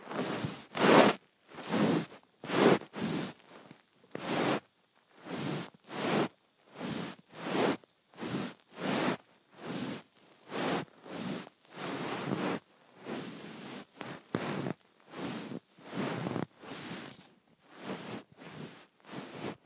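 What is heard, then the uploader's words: A phone is rubbed against a blanket in repeated strokes, each a soft, hissing rustle lasting under a second. About twenty strokes come at a fairly regular pace with brief quiet gaps between them, the scratchy texture staying bright and even throughout. Rubbing my Phone on my Blanket.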